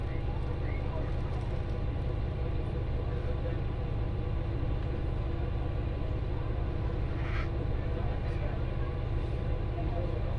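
Riding inside a train on a rural line, a steady, dense low rumble of the running carriage fills the whole stretch at an even level. Faint murmurs of voices sit under the noise, and a brief brighter rattle or squeal stands out near seven seconds.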